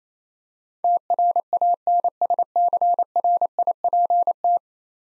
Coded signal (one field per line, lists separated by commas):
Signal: Morse code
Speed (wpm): 27 wpm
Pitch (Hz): 700 Hz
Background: none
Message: TRANSCRIPT